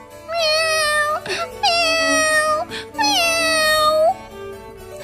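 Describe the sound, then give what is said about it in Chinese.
A kitten cries out in three long, drawn-out, high-pitched meows, each one wavering and wailing before trailing off, with short pauses between them. “猫宝宝哭得更厉害了。”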